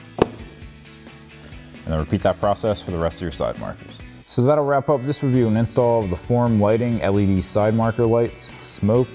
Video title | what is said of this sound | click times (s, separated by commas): 2024-2025 Mustang Form Lighting LED Side Marker Lights Review & Install | and then just push your clip in at the top until it clicks. | 0.2 s